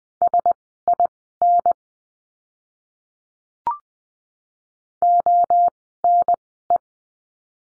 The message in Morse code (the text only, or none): SIN ONE